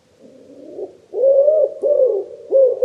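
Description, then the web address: Wood pigeon giving deep, breathy coos, starting faint and swelling into a few strong notes that follow each other closely. "cianscape. Deverinetal 2025. Bird Only"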